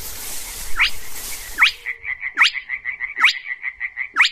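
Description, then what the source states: Spotted Crake giving sharp, upward-whipped notes, each about 0.8 seconds apart, over a faint steady tone and some low rumble. Filmed on a phone by ornithologist Michał Białek a dozen or so days earlier; the bird let him approach unusually close.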